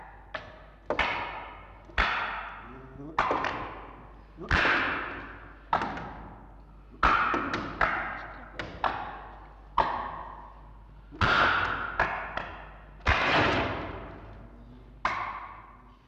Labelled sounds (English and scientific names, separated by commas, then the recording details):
Red Fox (Vulpes vulpes)
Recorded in captivity
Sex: female
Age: adult
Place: Zoologisches Institut der HUB, Berlin, DE
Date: 1952-01-28 12:00
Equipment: Elmetra
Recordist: Tembrock, Günter
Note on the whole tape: Fiffi: einsilbiges Stoßkeckern (Mitarbeiter Herr Heberlein im Zimmer mit Stock)